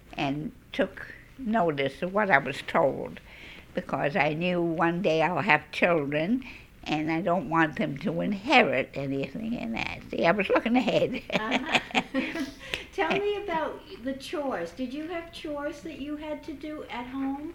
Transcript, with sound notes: and took notice of what I was told because I knew one day I'll have children, and I don't want them to inherit anything like that. See, I was looking ahead. ( she laughs )
Tell me about the chores. Did you have chores that you had to do at home?